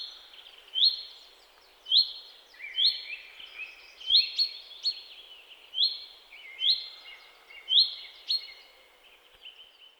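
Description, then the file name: Common chaffinch calls: short, bright notes repeated about once a second. "Fringilla coelebs"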